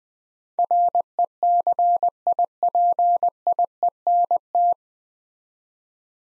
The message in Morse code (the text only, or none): RECIPIENT